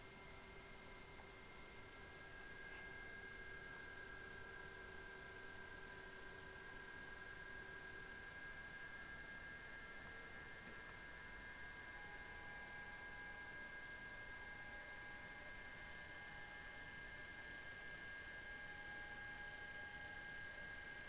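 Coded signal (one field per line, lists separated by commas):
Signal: PSK31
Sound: several faint, steady, slightly warbling narrow tones under constant loud hiss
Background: radio static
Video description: 7037 kHz 2019 Digimode PSK31 DC4OH and UA3PI.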